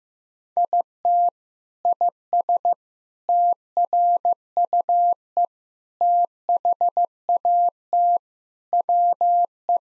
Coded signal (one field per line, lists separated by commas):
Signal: Morse code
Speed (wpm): 15 wpm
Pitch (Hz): 700 Hz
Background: none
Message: IT IS TRUE THAT WE